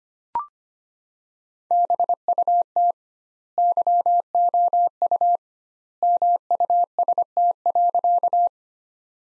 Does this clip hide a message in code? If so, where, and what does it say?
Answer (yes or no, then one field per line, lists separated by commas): yes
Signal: Morse code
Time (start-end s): 1.7-8.5 s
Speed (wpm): 25 wpm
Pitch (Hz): 700 Hz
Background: none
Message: BUT YOU MUST.